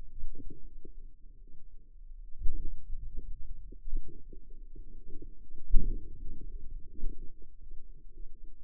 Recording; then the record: forearm muscle sounds (acoustic myography)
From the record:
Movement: hand opening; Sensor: system 2, bracelet of six BSWA MPA416 microphones around the upper forearm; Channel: 3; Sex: female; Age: 23 years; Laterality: right